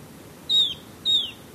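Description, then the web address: Golden-faced tyrannulet giving two thin, high, slightly falling whistled notes about half a second apart, with soft background noise. Recorded in Ecuador. "Birds of Ecuador 3-05 Golden-Faced Tyrannulet"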